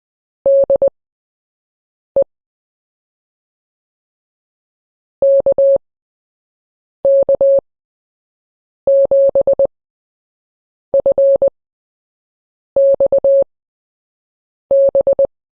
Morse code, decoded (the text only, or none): DE KK7FXB